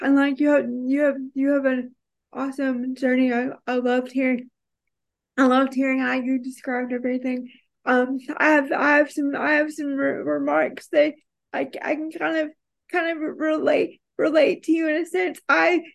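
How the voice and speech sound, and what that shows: Adult woman speaking with dysarthria due to a more severe form of cerebral palsy, which makes talking harder for her. Her speech is slow and effortful, broken by frequent pauses, with repeated words and restarts.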